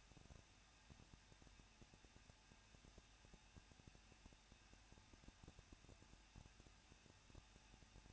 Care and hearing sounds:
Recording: daily activity, microphone in the room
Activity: no activity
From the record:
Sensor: 2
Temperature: 21.0 degrees Celsius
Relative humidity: 37.4%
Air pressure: 1006.2 hPa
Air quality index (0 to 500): 221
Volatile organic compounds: 24 ppm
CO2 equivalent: 2800 ppm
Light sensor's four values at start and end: 2/3/2/2 and 2/3/2/2

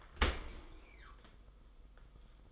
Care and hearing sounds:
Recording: daily activity, microphone in the room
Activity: open dishwasher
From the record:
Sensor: 5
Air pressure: 990.7 hPa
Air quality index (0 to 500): 161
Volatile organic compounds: 265 ppm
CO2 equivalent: 4400 ppm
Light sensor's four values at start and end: 36/111/43/46 and 36/112/43/46

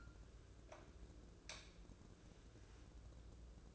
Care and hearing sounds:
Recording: daily activity, microphone in the room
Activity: light on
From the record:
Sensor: 2

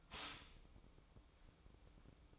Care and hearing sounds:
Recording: daily activity, microphone in the room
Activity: stop toaster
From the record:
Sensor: 1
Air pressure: 1007.2 hPa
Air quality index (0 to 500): 74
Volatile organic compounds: 1 ppm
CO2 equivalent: 656 ppm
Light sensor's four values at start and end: 7/17/7/7 and 7/17/7/7

